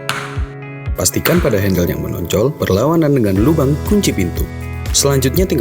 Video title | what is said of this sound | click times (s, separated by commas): TUTORIAL PERAKITAN / CARA RAKIT LEMARI BESTPLAST BMC 3 PINTU BELLGA RAK CERMIN | handle pada bagian tersebut Lalu juga tekan hingga klik pastikan | 0.1 s